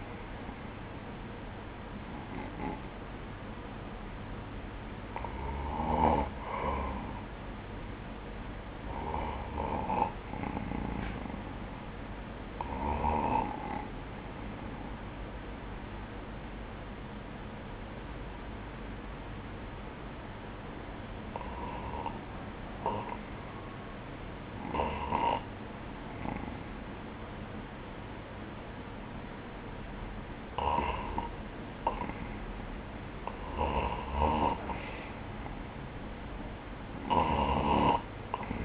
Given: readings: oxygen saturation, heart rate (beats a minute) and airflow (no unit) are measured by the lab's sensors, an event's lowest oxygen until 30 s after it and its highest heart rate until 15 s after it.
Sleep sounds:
breathing in sleep by a voice recorder at the bedside; 1
3.00-32.10 s: hypopnea (REM, oxygen 97% highest, then 94% lowest, heart rate 63 at the start, 70 highest)
From the record:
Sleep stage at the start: REM sleep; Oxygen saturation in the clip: 95 to 97%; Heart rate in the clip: 60 to 70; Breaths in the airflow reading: 8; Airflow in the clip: -16.7 to 6.2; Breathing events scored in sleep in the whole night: 180 in 6.7 hours asleep

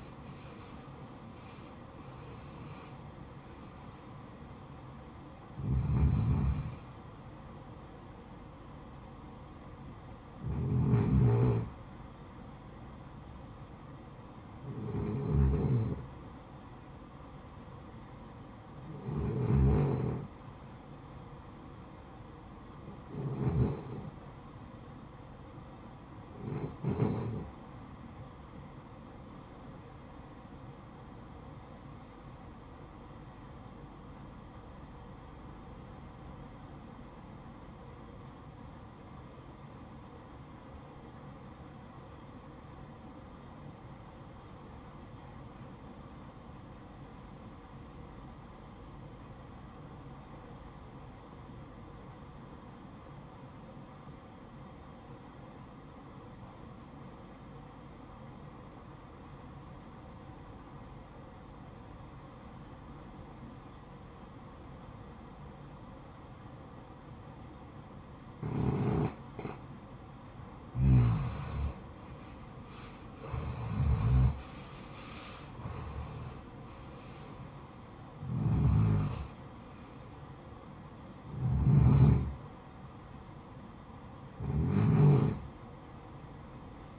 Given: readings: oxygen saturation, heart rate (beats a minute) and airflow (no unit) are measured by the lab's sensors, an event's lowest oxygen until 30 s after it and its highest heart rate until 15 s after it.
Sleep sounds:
breathing in sleep by a smartphone at the bedside; 1
32.00-70.80 s: obstructive apnea (REM, oxygen 96% highest, then 79% lowest, heart rate 62 at the start, 76 highest)
From the record:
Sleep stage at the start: REM sleep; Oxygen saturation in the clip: 80 to 96%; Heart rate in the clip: 48 to 82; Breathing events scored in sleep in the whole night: 573 in 9.8 hours asleep

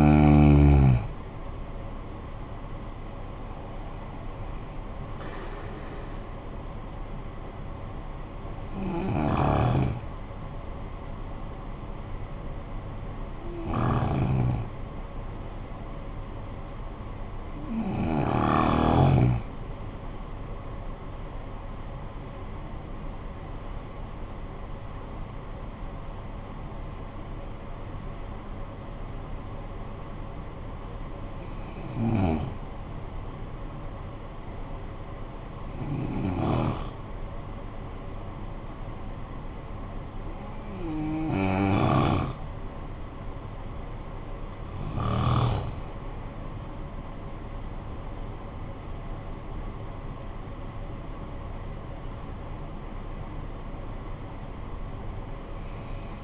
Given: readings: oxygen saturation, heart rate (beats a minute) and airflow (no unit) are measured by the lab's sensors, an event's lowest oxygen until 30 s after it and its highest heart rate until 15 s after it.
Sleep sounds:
breathing in sleep by a smartphone at the bedside; 2
9.00-22.50 s: hypopnea (N1, oxygen 94% highest, then 94% lowest, heart rate 62 at the start, 69 highest)
32.00-44.80 s: hypopnea (N1, oxygen 95% highest, then 89% lowest, heart rate 54 at the start, 73 highest)
From the record:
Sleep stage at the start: N1 (lightest sleep); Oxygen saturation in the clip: 89 to 95%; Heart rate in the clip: 50 to 73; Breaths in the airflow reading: 12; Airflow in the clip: -13.8 to 12.4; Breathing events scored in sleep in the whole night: 445 in 7.6 hours asleep

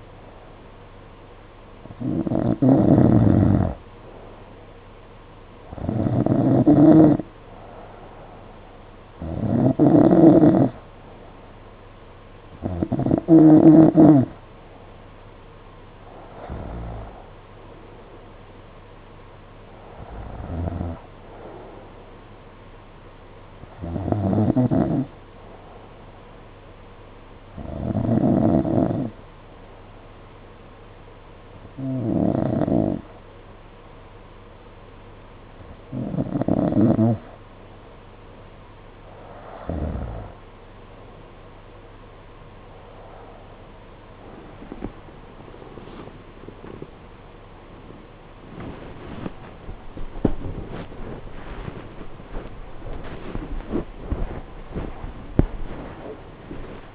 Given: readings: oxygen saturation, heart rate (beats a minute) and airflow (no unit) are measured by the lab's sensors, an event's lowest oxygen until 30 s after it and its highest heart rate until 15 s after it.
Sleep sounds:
breathing in sleep by a voice recorder at the bedside; 1
29.00-43.80 s: hypopnea (N2, oxygen 93% highest, then 91% lowest, heart rate 53 at the start, 70 highest)
52.00-56.95 s: new sleep stage, N1 (lightest sleep)
From the record:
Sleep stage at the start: N2 (light sleep); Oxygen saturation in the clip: 89 to 93%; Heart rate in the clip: 50 to 69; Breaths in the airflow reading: 15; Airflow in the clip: -10.3 to 9.5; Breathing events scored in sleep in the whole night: 476 in 9.7 hours asleep

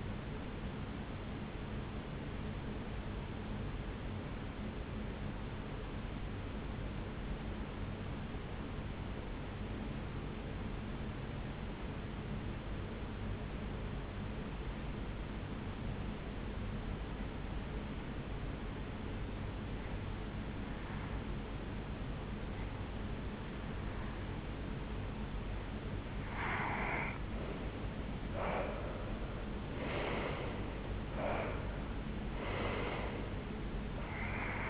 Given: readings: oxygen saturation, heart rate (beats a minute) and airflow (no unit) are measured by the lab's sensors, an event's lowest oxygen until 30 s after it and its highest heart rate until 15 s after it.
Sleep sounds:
breathing in sleep by a voice recorder at the bedside; 1
3.00-28.80 s: hypopnea (REM, oxygen 96% highest, then 89% lowest, heart rate 60 at the start, 80 highest)
From the record:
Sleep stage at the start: REM sleep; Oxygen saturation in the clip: 88 to 96%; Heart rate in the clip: 55 to 80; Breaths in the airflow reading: 5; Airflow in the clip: -8.9 to 8.3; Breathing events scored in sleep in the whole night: 449 in 7.0 hours asleep

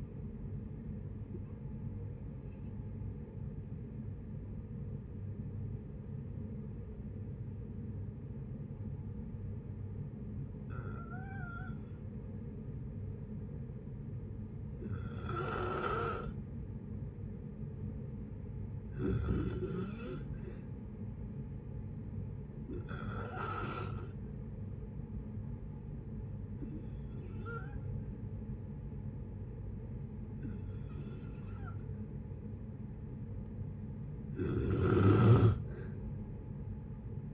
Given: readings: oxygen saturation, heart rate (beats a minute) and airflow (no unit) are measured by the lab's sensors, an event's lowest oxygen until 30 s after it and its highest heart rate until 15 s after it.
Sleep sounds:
breathing in sleep by a smartphone at the bedside; 1
3.00-30.70 s: hypopnea (N1, oxygen 95% highest, then 89% lowest, heart rate 66 at the start, 66 highest)
19.00-37.34 s: new sleep stage, N2 (light sleep)
From the record:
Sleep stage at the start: N1 (lightest sleep); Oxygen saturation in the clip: 75 to 95%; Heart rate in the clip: 56 to 73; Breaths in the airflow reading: 8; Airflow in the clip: -5.3 to 3.8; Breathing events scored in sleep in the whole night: 496 in 5.4 hours asleep

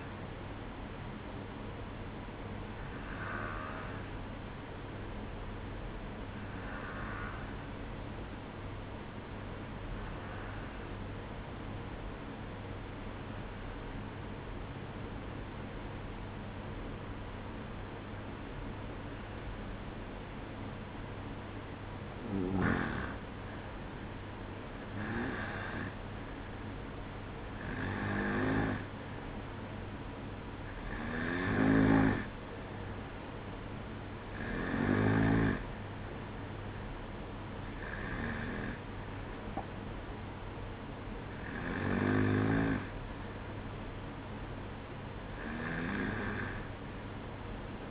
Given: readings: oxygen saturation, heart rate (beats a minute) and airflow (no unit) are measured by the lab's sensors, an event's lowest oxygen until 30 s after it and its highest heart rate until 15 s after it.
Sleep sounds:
breathing in sleep by a voice recorder at the bedside; 1
9.00-22.40 s: obstructive apnea (N2, oxygen 95% highest, then 91% lowest, heart rate 61 at the start, 65 highest)
9.00-47.91 s: new sleep stage, N2 (light sleep)
From the record:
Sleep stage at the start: N1 (lightest sleep); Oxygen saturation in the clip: 91 to 96%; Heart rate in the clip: 61 to 65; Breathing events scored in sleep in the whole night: 305 in 9.6 hours asleep

